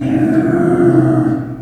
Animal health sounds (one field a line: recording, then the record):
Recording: squeal of a Yucatan mini pig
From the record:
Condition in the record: after surgery on the right vocal fold (resection and tissue-engineered implant)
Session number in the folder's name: 3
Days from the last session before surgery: 21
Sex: female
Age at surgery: 19 weeks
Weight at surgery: 25 kg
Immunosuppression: prednisolone